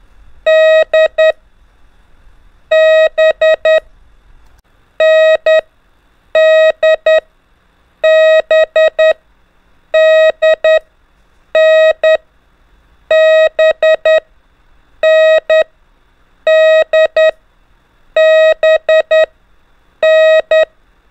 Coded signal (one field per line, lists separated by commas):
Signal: Morse code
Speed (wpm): 10 wpm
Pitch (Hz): 630 Hz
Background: none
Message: D B N D B D N B N D B N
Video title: 4. ( N - D - B ) EASY TO LEARN MORSE CODE BY GROUPINGS W/ INCREASING SPEED 5 MINS A DAY